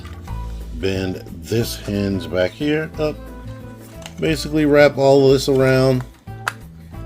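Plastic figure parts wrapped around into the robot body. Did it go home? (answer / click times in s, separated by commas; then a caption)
yes / 6.5 s. Plastic parts of a toy action figure are bent at a hinge and wrapped around into the robot body while someone talks over background music. A sharp, loud click at 6.5 s marks the parts snapping into place.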